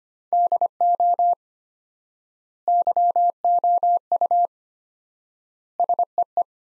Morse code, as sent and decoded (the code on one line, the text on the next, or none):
-.. --- / -.-- --- ..- / ... . .
DO YOU SEE